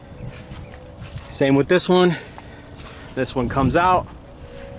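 The telescoping support leg of an ARB retractable awning on an Explorer Sport Trac is pulled out toward its locked extended position while someone talks. Two brief faint knocks are heard under the speech, around 0.7 and 2.4 seconds. The leg has not yet locked into place, and nothing has seated or clicked yet.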